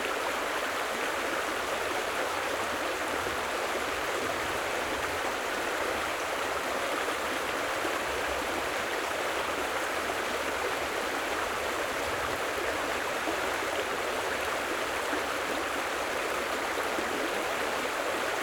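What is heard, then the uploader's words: A stream runs steadily with a dense, even rush of water that never lets up. The sound is bright and hissy, with a faint low rumble underneath, and the level holds constant from start to finish. The Stream in the Background.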